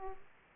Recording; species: mosquito wingbeat signal from an infrared sensor; Aedes aegypti